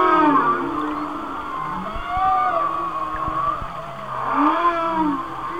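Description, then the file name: Whale song of arching moans and tremulous whistles, swelling at the start and again near the end, with soft low tones between. "Whale Songs"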